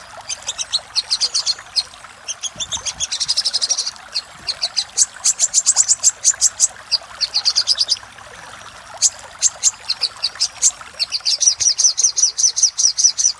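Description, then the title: Little spiderhunter song: high, sharp chips in varied bursts, some fast trills, ending in a steady rapid series. Song used for training cage birds; song style named Labaik. "Masteran Burung Sogok Ontong Labaik"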